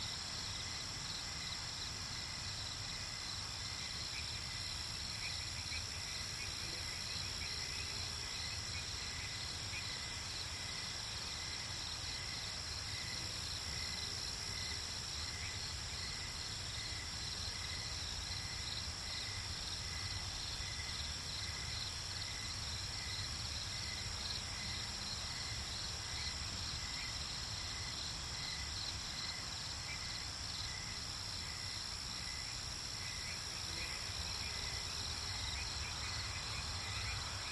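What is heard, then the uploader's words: Crickets chirr steadily through a night swamp, their dense, high trilling pulsing in regular beats without pause. Underneath lies a constant low rumble, and a few faint short tones surface briefly around 8, 14, 25 and 35 seconds. Night Ambient Sounds, Cricket, Swamp Sounds at Night.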